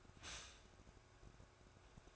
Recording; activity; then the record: daily activity, microphone in the room; stop toaster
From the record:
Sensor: 2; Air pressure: 1004.1 hPa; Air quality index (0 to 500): 193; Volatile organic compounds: 11 ppm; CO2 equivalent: 2314 ppm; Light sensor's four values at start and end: 4/10/4/4 and 4/10/4/4